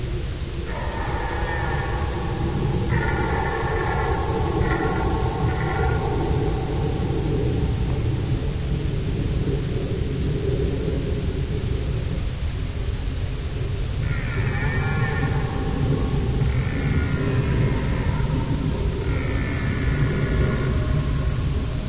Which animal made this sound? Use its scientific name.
Cervus elaphus